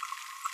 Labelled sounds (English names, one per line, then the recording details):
Green-rumped Parrotlet babbling
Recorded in a nest box in Venezuela
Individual 18B25A5